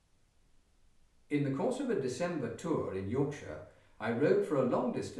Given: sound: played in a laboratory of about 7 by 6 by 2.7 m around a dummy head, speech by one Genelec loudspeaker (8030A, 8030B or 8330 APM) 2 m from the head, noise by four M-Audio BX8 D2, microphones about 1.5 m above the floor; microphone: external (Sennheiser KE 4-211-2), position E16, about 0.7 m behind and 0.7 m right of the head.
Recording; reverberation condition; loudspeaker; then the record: male speech in English; medium; 90 degrees to the left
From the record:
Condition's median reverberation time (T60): about 510 ms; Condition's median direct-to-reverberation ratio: about -0.5 dB